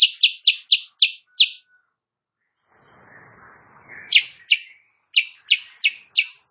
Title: Masteran Kutilang Sutra. Kutilang Sutra GACOR pagi hari bikin lawannya AUTO NYAUT